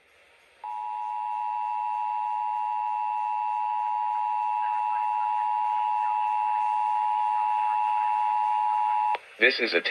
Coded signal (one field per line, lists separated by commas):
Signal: Emergency Alert System (SAME) tones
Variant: 853 and 960 Hz attention tone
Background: speech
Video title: Required Monthly Test - Island County DEM (3-8-2022)/San Juan EOC(3-10-2022)